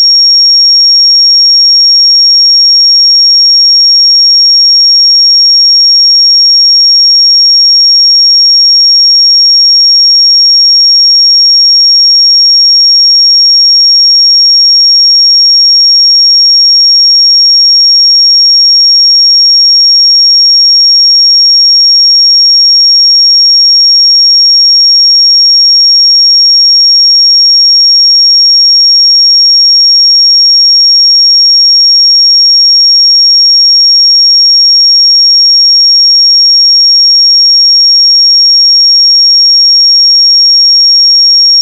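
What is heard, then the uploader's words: A pure sine tone at 5563 Hz sounds on its own, a single high, thin whistle-like pitch. It holds perfectly steady in pitch and level for the full forty-odd seconds, with no other sounds behind it. 5563 Hz 1 Hz Interval Sine Pure Tone Frequency 441000 Sample Mono.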